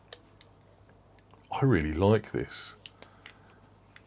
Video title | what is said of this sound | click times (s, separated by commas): Smith & Wesson Multitool! | Yeah, so again, not locking, but really firmly snaps into place. | 0.1 s